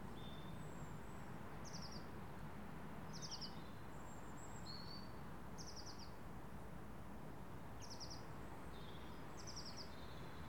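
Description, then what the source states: Garden birds chirping: short, high, buzzy notes repeated every few seconds, with thin whistles between, over constant low traffic rumble. Birds in a residential garden, with distant skyline traffic.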